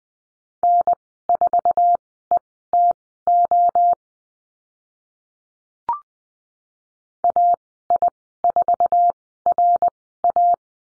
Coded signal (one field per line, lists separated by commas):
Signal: Morse code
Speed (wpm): 20 wpm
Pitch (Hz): 700 Hz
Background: none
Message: N4ETO AI4RA